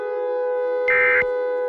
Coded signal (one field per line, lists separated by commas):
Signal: Emergency Alert System (SAME) tones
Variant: end-of-message bursts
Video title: Mother Nature Got Mad (Eas scenario)